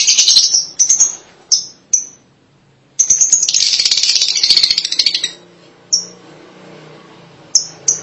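Lovebird calls: sharp high chirps and bursts of harsh shrill chatter, with a long noisy chattering spell in the middle and scattered single chirps after.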